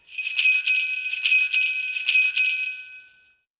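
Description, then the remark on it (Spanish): A small doorbell on a pull cord jangles hard and fast as it is rung a second time, its bright, high-pitched ringing surging in three quick bursts before trailing off into silence. No one speaks. “Un momento después insistió con violencia.”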